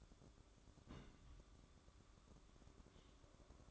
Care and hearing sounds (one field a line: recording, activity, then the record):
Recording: daily activity, microphone in the room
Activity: place on stove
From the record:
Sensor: 3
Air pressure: 1008.0 hPa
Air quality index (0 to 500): 116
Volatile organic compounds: 1 ppm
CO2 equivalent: 965 ppm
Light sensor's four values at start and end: 8/20/8/8 and 9/20/8/8